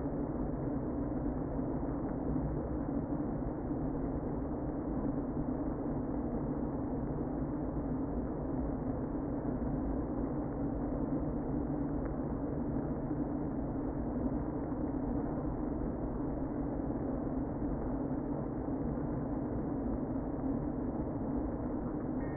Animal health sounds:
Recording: honeybee colony, microphone inside the hive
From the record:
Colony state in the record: queen present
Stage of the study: before two queens were removed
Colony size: about 60,000 bees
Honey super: yes

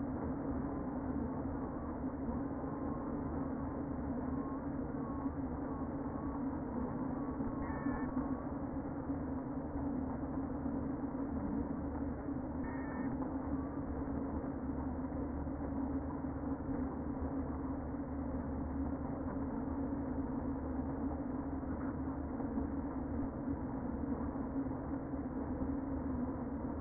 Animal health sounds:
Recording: honeybee colony, microphone inside the hive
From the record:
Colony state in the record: queen present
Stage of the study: before two queens were removed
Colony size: about 60,000 bees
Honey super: yes

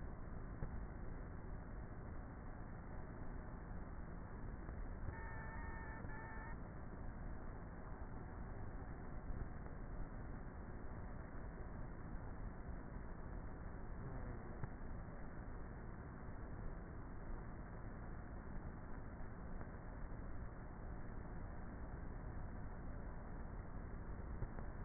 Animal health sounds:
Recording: honeybee colony, microphone inside the hive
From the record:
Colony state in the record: queenless with a low population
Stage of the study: before two queens were removed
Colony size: about 30,000 bees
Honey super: no

